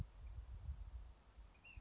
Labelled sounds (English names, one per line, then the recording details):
Ash-throated Flycatcher
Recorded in Sonoma County, California